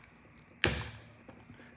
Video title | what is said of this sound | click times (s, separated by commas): Vapotherm High Flow Oxygen: SOP/How-to | and it kind of clicks in place. | 0.6 s